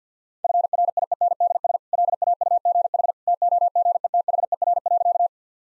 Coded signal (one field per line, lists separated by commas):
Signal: Morse code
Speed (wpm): 50 wpm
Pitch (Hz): 700 Hz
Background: none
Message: FRIENDS LAUGH TOGETHER.